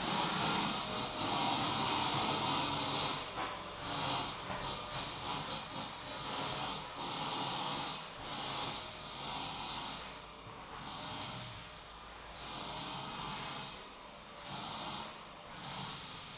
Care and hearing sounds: daily activity, microphone in the room; vacuum cleaning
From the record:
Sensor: 1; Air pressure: 1009.6 hPa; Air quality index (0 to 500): 194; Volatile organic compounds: 19 ppm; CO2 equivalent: 2653 ppm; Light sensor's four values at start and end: 31/79/33/39 and 31/79/33/39

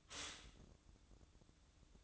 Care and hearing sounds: daily activity, microphone in the room; stop toaster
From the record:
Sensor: 3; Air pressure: 1007.0 hPa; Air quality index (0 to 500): 53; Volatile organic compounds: 1 ppm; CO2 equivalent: 588 ppm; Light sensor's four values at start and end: 8/19/8/8 and 8/19/8/8

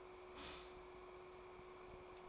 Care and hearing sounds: daily activity, microphone in the room; stop toaster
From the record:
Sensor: 1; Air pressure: 1014.7 hPa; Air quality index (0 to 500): 194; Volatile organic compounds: 29 ppm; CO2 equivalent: 2934 ppm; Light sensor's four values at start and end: 4/9/3/3 and 4/9/3/3

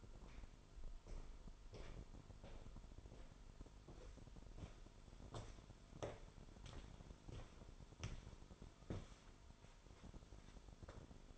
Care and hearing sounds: daily activity, microphone in the room; walk to room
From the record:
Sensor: 5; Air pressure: 988.3 hPa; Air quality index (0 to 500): 196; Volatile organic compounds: 65 ppm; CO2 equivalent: 3471 ppm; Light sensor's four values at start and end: 48/144/56/60 and 51/141/57/64

